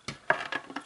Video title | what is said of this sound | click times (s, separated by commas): Haul ACTION Les Blocs Color Eclipse | Voilà, ça s'enclenche assez facilement. | 0.3 s